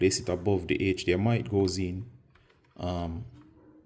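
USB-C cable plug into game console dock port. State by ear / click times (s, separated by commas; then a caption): not seated / none. A USB-C power cable plug is handled at the port above the HDMI port on a game console dock while someone talks. The plug has not clicked or seated yet; nothing has snapped into place by the end of the clip.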